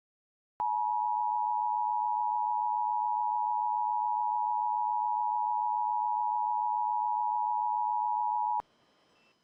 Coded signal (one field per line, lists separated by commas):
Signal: Emergency Alert System (SAME) tones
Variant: 853 and 960 Hz attention tone